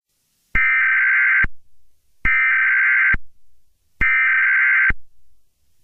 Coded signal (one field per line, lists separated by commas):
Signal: Emergency Alert System (SAME) tones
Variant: header bursts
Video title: EAS Mock 9/11 Tribute (old version)